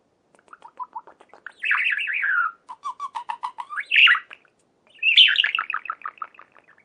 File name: Budgerigar song